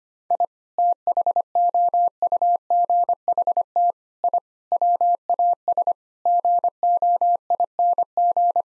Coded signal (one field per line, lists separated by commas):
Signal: Morse code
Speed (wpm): 25 wpm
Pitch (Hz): 700 Hz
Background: none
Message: I THOUGHT I WAS GOING